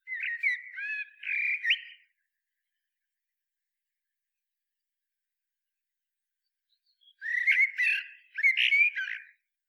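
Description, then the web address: Common blackbird singing a warbled fluty phrase, pausing for about five seconds, then delivering a second phrase with some scratchy notes. "SETE Turdus merula"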